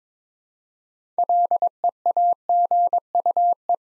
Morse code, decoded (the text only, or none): LEAGUE